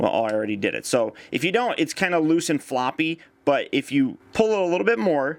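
Someone talks while handling the plastic arm of a Transformers Generations Rhinox transforming action figure, which is loose and floppy until it is pulled outward into its locking notch on the body. Nothing has seated or clicked yet in this clip.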